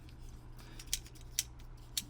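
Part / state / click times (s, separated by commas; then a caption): plastic back section of a transforming action figure into the figure's torso / not seated / none. The plastic back section of a Transformers Legacy Deluxe Class Elita-1 action figure is pressed into the figure's torso, giving three loose plastic clacks at about 0.9, 1.4 and 2.0 seconds over a low steady hum. The part has no tab and does not lock in, so nothing has seated or clicked yet.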